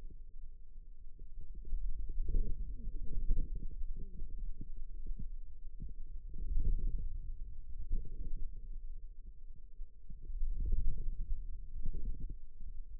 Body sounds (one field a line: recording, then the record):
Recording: forearm muscle sounds (acoustic myography)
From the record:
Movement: ulnar deviation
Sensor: system 2, bracelet of six BSWA MPA416 microphones around the upper forearm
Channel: 4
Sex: female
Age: 21 years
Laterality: right